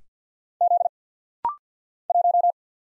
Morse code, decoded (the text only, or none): Z 1